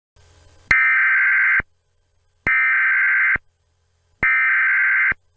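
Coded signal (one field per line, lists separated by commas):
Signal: Emergency Alert System (SAME) tones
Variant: header bursts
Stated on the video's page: Fictional EAS scenario.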